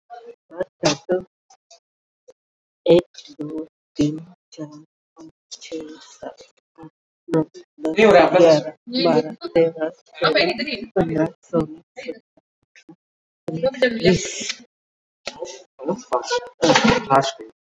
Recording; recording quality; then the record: counting at a normal pace; excellent, no background noise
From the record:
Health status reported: COVID-19 positive, mild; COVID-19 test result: positive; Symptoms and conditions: none ticked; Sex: female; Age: 52 years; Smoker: not ticked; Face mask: not worn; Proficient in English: yes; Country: India